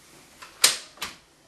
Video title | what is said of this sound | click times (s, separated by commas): Baby Gizmo phil&teds promenade stroller review | open to unlock it and then pull up on the handlebar until it locks into place and you're good to go. | 0.6 s